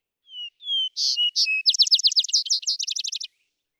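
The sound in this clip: Vesper sparrow song, two plain whistled notes followed by buzzy bursts and a rapid run of sharp slurred notes.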